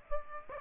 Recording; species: mosquito wingbeat signal from an infrared sensor; Aedes aegypti